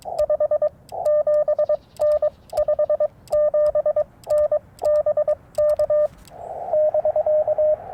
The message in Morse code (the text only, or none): 57N 57N BK <BK>